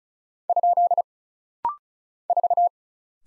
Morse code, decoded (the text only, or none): ? 4